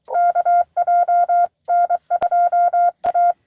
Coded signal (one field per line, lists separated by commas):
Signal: Morse code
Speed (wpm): 24 wpm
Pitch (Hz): 700 Hz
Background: none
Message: KJ N2A